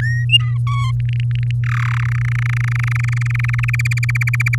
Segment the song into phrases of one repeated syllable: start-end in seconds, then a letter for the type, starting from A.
0.01-0.25 A, 0.29-0.57 B, 0.67-0.91 C, 1.00-1.51 D, 1.64-1.98 E, 2.00-3.60 F, 3.63-4.55 G